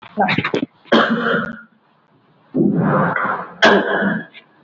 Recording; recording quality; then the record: heavy voluntary cough; moderate, slight background noise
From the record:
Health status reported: COVID-19 positive, mild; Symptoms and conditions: cough, cold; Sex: male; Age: 54 years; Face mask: worn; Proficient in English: yes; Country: India